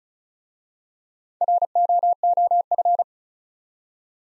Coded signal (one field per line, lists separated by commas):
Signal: Morse code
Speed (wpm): 36 wpm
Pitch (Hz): 700 Hz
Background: none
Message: ROOF